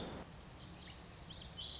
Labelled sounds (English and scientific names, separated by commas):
Lazuli Bunting (Passerina amoena)